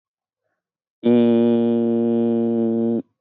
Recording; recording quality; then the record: sustained vowel as in beet; excellent, no background noise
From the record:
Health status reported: COVID-19 positive, mild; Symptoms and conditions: none ticked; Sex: male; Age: 23 years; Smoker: not ticked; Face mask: not worn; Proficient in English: yes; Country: India